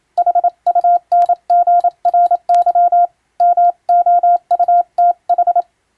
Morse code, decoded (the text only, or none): HUNGRY MOUTH